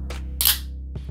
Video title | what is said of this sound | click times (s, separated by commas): LEGO Ninjago Build - Quake Mech Set #70632 - Part 1 | a satisfying snap kind of one of those snaps of no-return because like I said once it's on it's not coming off | 0.4 s